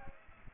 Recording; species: mosquito wingbeat signal from an infrared sensor; Aedes aegypti